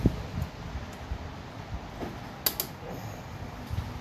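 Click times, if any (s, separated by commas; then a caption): 2.5 s. A second piston pin keeper (retaining clip) is pressed into its groove on the other side of a part in a small engine, against a low mechanical rumble. A sharp metallic snap at 2.5 seconds marks the keeper seating in its groove, checked because a loose keeper can come out and ruin the engine.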